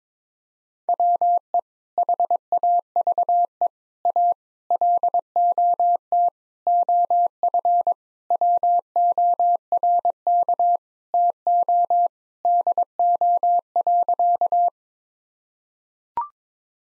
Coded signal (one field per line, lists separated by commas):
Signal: Morse code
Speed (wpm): 22 wpm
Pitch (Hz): 700 Hz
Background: none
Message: WE HAVE A LOT OF WORK TO DO.